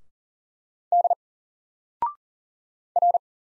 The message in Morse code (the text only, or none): D R